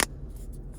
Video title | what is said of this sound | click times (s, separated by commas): How to change key battery Lexus Is350 2014-2025 | gently push it all back back together until it snaps and clicks | 0.0 s